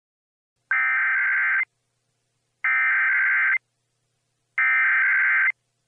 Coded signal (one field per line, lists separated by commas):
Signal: Emergency Alert System (SAME) tones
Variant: header bursts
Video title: 10/21/2017 EAS Required Monthly Test - Los Angeles, California(MOCK VERSION)(EAS #7)